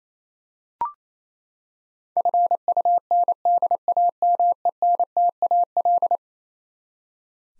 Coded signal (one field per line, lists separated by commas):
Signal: Morse code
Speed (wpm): 28 wpm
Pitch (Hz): 700 Hz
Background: none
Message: FUNDAMENTAL